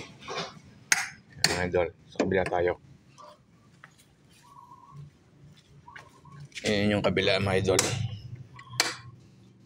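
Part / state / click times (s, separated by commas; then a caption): folding footrest peg into its motorcycle bracket / seated / 8.8 s. The other-side folding footrest peg on a 125 V2 motorcycle is flipped into position in its bracket while someone talks. It snaps into its detent with one sharp metallic click at 8.8 s, seated and locked in place.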